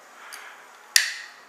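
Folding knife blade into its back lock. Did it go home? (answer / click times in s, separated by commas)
yes / 1.0 s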